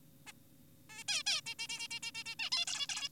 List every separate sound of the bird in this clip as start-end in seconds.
0.27-0.32, 0.90-1.04, 1.08-1.23, 1.26-1.41, 1.46-1.55, 1.59-1.67, 1.69-1.88, 1.91-2.00, 2.03-2.12, 2.15-2.24, 2.26-2.35, 2.39-2.50, 2.52-2.66, 2.67-2.87, 2.89-3.09